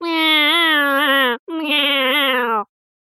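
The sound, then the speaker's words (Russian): A shivering lad outside a window imitates a cat with two long, plaintive meows, the first about 1.3 seconds and the second slightly shorter, after a brief break. The tone is strong, harmonic and a little wavering, creaky from trembling with cold, with nothing else audible. “«Или мне кажется, или за окном какой-то странный звук», — услышал малой, скрючившись в 33 погибели и для конспирации изобразив из себя кошку протяжным жалобным мяуканьем.”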